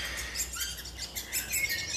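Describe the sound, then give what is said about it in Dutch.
A steady, high-pitched chorus of young woodpeckers calling insistently from inside a nest hole to their parents for food, a buzzy, chattering twitter that swells and fades without pause. “Deze jonge spechten die we nu horen, die zijn helemaal niet bang, maar gewoon ongeduldig.”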